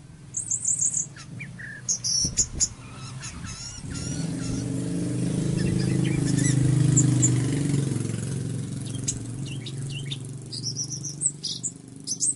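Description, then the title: Orange-headed thrush singing high, thin phrases and sharp chips at the start and end, while a steady low rumble swells and fills the middle stretch. "Anis Merah"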